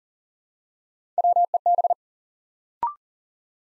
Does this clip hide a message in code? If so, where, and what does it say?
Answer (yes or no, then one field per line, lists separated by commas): yes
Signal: Morse code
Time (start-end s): 1.2-1.9 s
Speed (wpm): 38 wpm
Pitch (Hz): 700 Hz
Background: none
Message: WEB